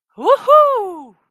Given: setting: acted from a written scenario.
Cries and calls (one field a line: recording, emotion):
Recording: vocal sound without words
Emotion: triumph